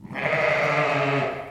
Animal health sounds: contact call of a hoofed animal; sheep; low-frequency (closed-mouth) or high-frequency (open-mouth) call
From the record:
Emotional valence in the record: negative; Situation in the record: short social isolation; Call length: 1.51 s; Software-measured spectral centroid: 1750 Hz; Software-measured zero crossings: 2270 a second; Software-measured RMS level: -24 dBFS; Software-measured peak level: -9 dBFS

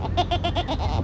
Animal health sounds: contact call of a hoofed animal; goat; low-frequency (closed-mouth) or high-frequency (open-mouth) call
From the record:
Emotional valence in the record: negative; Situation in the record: short social isolation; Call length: 1.04 s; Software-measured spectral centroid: 3360 Hz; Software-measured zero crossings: 1430 a second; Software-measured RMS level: -24 dBFS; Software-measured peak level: -9 dBFS

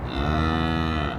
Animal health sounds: contact call of a hoofed animal; cattle; low-frequency (closed-mouth) or high-frequency (open-mouth) call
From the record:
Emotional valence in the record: negative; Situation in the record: full separation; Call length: 1.19 s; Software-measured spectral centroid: 1550 Hz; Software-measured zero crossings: 1650 a second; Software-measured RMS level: -24 dBFS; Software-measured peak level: -11 dBFS

